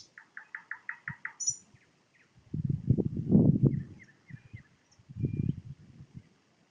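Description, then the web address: Nightingale song: a fast run of repeated chirps at the start, then sparse whistles, with loud low rumbling noise in the middle and near the end. Recorded in Poland with a parabolic microphone. "nagranie na paraboloid spiew slowika"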